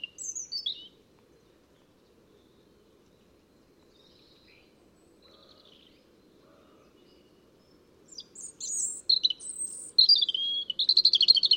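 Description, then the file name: European robin song: a short high phrase at the start, a long quiet gap with faint notes, then several high phrases near the end. "Erithacus rubecula"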